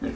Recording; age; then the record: pig call; growing-finishing pig (85 days or more)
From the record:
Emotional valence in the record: negative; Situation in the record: barren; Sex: male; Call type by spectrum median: low-frequency call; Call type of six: low-frequency stable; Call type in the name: low-frequency stable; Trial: 3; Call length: 0.16 s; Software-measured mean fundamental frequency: 47 Hz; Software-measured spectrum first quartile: 235 Hz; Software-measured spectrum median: 325 Hz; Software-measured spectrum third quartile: 688 Hz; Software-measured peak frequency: 272 Hz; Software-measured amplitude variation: 150 dB a second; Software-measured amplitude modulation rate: 19.0 a second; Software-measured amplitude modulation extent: 7.9 dB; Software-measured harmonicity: 2.7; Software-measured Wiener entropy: -0.66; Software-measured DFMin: 680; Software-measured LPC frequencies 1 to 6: 343, 1662, 2434, 3727, 4685, 5670 Hz